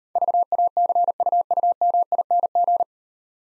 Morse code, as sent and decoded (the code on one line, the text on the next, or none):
...- .- -.-. ..- ..- -- .. -. --.
VACUUMING